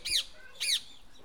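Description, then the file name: Bird squawks, two harsh, loud calls about half a second apart, each a brief noisy burst with downward-sweeping bands. "freesound Exotic Birds"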